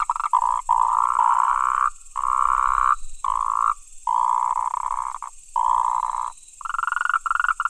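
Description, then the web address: Frog croaking in long, buzzy bursts separated by brief pauses, with a constant high hiss behind. Recorded 28 October 2017. "frog rec 20171028"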